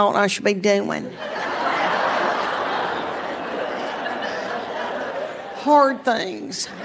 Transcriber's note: laughter